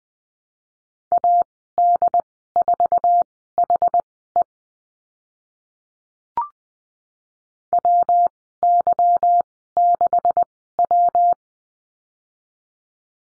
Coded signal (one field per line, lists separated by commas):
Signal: Morse code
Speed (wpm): 20 wpm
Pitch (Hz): 700 Hz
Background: none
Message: AD4HE WY6W